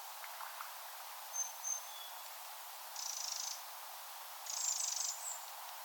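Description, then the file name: Eurasian wren rattles: two short buzzy churrs late, preceded by a few faint thin notes. "Troglodytes troglodytes"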